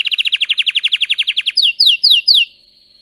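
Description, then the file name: Canary song: a fast run of bright repeated notes, then four slower, louder downslurred whistles before fading to quiet. Belgian canary, red frosted colour variety. "canto do canario belga vermelho nevado"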